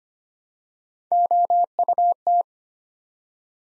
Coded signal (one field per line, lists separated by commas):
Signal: Morse code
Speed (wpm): 25 wpm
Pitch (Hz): 700 Hz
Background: none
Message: OUT